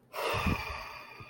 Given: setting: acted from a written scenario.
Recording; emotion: vocal sound without words; disappointment